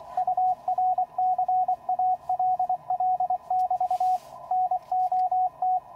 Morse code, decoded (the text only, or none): UR CALL<BT> NOT